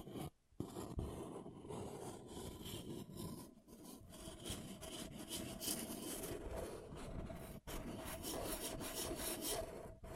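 An object scratching and rubbing against wood in dense, continuous strokes, with brief pauses near the start and around eight seconds.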